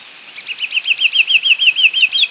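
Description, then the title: Green-backed becard song: a quick run of wavering whistled notes, each rising and falling, delivered steadily in a rolling chain. "LuckyPassaro Completos2Sama. Green-backed Becard"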